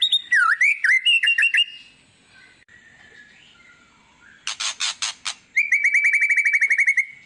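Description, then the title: White-rumped shama song: loud swooping whistles and quick slurred notes, a pause, then a volley of harsh buzzy bursts and a fast repeated whistled trill. Used as a lure to make other birds respond; described as an actively singing ('gacor') bird. "PANCINGAN MEWAH MURAI BATU GACOR, SEKALI DENGAR AMPUH LANGSUNG RESPON"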